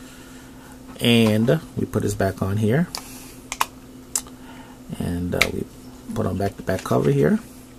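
Someone talks while handling the plastic back cover of a Samsung Galaxy S2 T-Mobile SGH-T989 smartphone, positioning it onto the phone body. A few brief, sharp handling taps are heard around 3.5, 3.6 and 4.2 seconds between the speech. The cover has not snapped into place yet, so nothing has seated or clicked.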